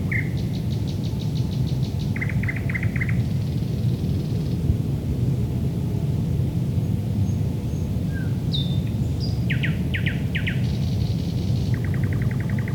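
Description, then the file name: Thrush nightingale song: bursts of rapid clicking notes, rattling trills, sharp whistled slurs and buzzy phrases separated by short pauses, over steady low rumbling background noise. Recorded at Lohne in 2010. "sprosserlohne"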